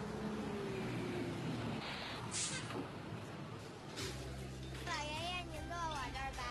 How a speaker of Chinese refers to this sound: 五路公交车马上就要进站了，请大家自觉排好队。